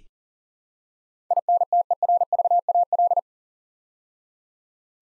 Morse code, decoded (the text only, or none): INTERVAL